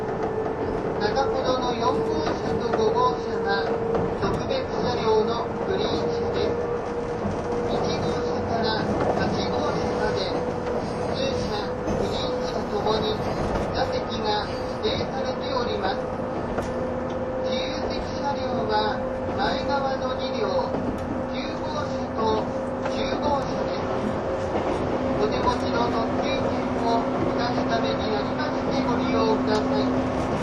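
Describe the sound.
Running sound aboard the 185 series Odoriko No. 106 train: a steady, dense rumble of the moving carriage with a sustained motor-like tone that shifts slightly in pitch. Bursts of high hissing come and go throughout, and a voice speaks in the background.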